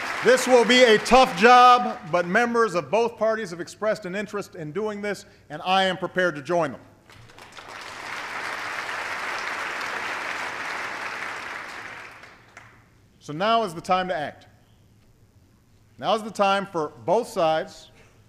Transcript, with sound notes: This will be a tough job, but members of both parties have expressed an interest in doing this, and I am prepared to join them. (Applause.) So now is the time to act. Now is the time for both sides